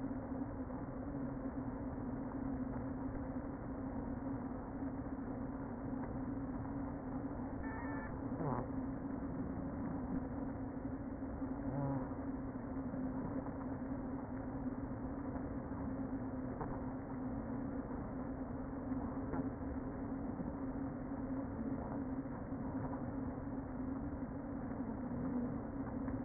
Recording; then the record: honeybee colony, microphone inside the hive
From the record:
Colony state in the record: queen present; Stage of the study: before two queens were removed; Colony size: about 60,000 bees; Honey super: yes